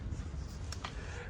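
A water supply hose connector is pressed into the external water inlet socket of a Sprite Quattro EB caravan over a steady low background rumble. Two short, sharp clicks ring out at 0.7 s and 0.9 s as the connector engages and seats in the inlet.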